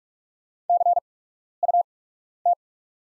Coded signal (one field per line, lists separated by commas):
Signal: Morse code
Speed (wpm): 44 wpm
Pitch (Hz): 700 Hz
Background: none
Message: CUT